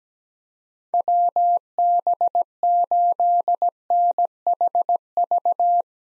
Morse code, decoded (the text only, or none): WB8NHV